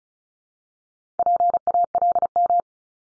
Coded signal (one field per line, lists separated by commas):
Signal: Morse code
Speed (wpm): 36 wpm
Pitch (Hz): 700 Hz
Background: none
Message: PALM